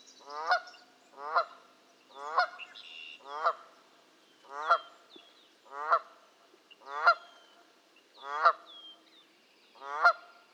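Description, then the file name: Canada goose giving a regular run of about nine loud nasal honks, roughly one per second, with faint high chirps in the background. "kanadai lud hangja"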